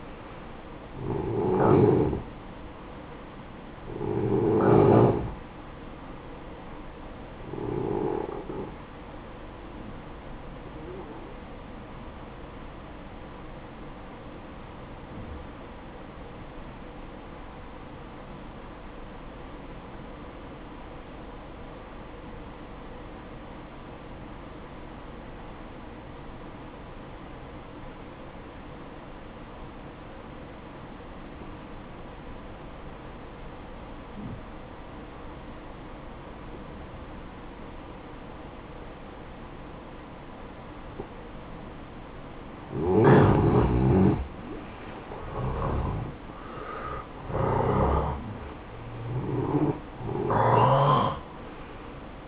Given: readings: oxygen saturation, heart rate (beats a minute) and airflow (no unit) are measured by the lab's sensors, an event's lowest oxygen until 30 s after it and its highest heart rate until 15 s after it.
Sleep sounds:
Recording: breathing in sleep by a voice recorder at the bedside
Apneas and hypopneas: 1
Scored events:
14.00-42.30 s: obstructive apnea (N1, oxygen 95% highest, then 87% lowest, heart rate 60 at the start, 71 highest)
17.00-47.00 s: new sleep stage, N2 (light sleep)
47.00-52.28 s: new sleep stage, N1 (lightest sleep)
From the record:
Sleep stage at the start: N1 (lightest sleep)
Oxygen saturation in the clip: 88 to 95%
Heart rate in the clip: 55 to 71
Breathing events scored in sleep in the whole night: 573 in 9.8 hours asleep

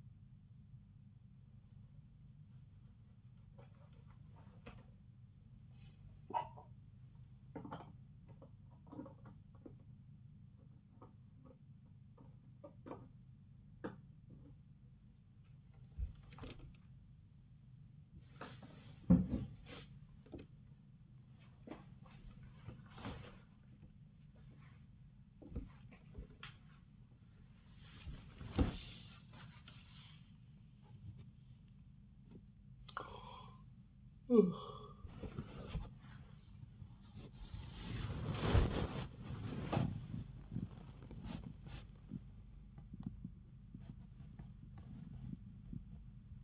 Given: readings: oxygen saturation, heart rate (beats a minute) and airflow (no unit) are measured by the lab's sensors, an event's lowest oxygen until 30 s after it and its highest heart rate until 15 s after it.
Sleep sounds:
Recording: a person awake in a sleep study, by a smartphone at the bedside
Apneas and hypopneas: none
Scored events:
0.00-46.43 s: awake
From the record:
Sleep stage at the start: awake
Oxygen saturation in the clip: 94 to 96%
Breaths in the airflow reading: 14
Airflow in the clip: -9.8 to 8.5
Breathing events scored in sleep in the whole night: 270 in 6.1 hours asleep

